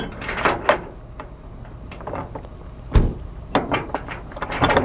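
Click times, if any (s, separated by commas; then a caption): 3.6 s. A portable winch on a metal mounting plate is slid onto three pins in its receiver on the hauler's truck deck, with scraping and several metallic knocks and clunks. The plate locks into place with a sharp hit at 3.6 seconds.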